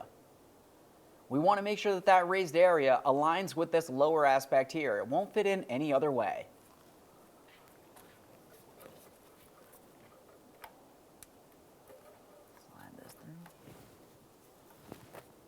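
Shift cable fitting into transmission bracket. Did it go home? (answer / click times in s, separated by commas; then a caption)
no / none. On a 2002-2009 Chevrolet Trailblazer, the transmission shift cable fitting is being lined up with its transmission bracket, its raised area aligned with the lower part so it can later be pressed in and click at both ears. Someone talks from about 1.3 to 6.4 s, followed by quiet handling with a few faint ticks and soft rustles. Nothing has seated or clicked yet.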